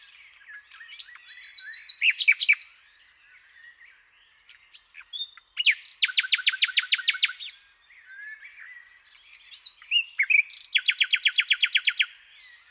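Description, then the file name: Common nightingale song in three phrases, each building to a fast, rhythmic series of loud, repeated notes, with quieter twittering in between. "Luscinia megarhynchos"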